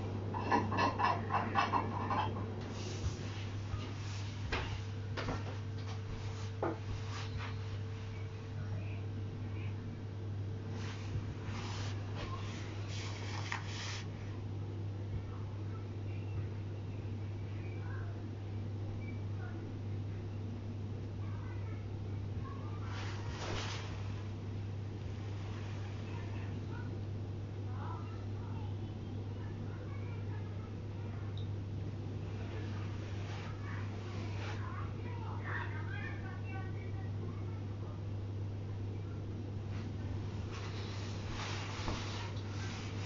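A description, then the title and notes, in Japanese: Everyday household sounds over a steady low hum that runs the whole time. Brief clatters and knocks come in clusters near the start, around 10–14 seconds, at 23 seconds and near 35 seconds, with faint voice-like murmurs and a short tone around 5–10 seconds. 生活音。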